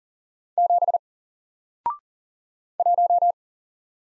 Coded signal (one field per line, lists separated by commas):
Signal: Morse code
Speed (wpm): 40 wpm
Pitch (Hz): 700 Hz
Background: none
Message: 7 1